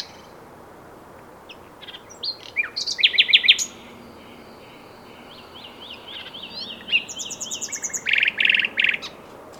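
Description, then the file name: Common nightingale singing in bursts: a rapid rattling trill, a pause, then a soft series of whistled notes and a loud buzzy run at the end. "Luscinia megarhynchos"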